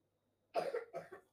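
Two short, harsh coughs about half a second apart, playfully put on by a young boy at a door in a small room.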